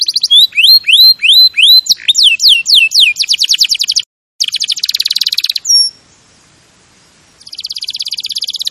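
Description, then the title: Canary song of repeated rising whistles and falling sweeps, fast trills broken by a short silence, a faint thin tone, then a softer trill resumes. Champion canary's song, used as a master recording for training other birds. "Masteran Kenari Juara"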